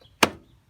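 A turn signal bulb socket in a front reflector housing is twisted counterclockwise until its twist-lock releases with a single sharp, small click at 0.2 seconds. The click is followed by a brief, fading rattle. The socket is released and the light can be pulled out.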